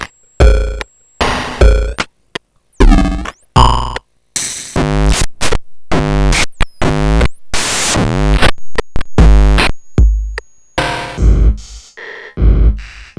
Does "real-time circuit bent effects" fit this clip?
yes